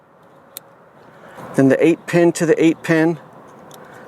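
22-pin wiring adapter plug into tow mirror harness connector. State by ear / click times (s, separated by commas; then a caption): seated / 0.6 s. A 22-pin wiring adapter plug is pushed into the 22-pin harness connector of a towing mirror on a Ford F-150, and it snaps into place with a short, sharp click at 0.6 s. Someone then talks over a low background hum, and the connector is seated.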